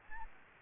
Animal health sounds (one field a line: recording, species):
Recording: mosquito wingbeat signal from an infrared sensor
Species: Aedes aegypti